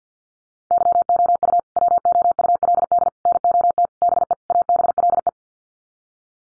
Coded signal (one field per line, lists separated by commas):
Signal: Morse code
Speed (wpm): 50 wpm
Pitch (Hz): 700 Hz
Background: none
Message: YOU WOULD NOT BE ABLE